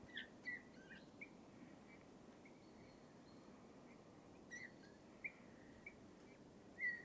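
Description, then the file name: Eurasian bullfinch calls: soft, short piping whistles, slightly falling, given singly at uneven intervals over a steady background hiss. "Pyrrhula pyrrhula"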